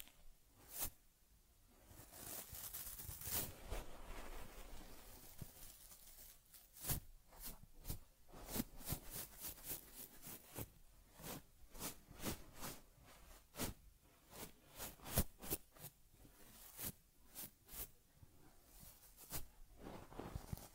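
Soft brushing and rubbing sounds from caring for a teddy bear, with sharp, crisp strokes or taps repeating about once or twice a second. A denser, hissy stretch of rubbing fills the first five seconds before the strokes take over.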